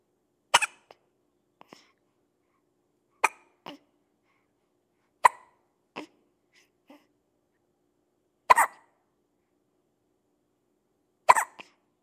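Five sharp, abrupt hiccups from a baby come at uneven gaps over twelve seconds, each followed by a soft little catch or breath sound. These are ordinary infant hiccups, a common harmless event.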